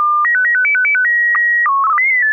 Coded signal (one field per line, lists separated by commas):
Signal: SSTV (slow-scan television)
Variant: PD 120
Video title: N6NA SSTV Net - 10/05/2022